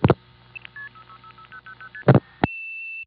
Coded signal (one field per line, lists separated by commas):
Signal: multi-frequency trunk signalling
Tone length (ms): 80 ms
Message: 6 000ST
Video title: Warwick and the 914 Area of NY, pgm. 5: More Warwick Phreaking (1975-76)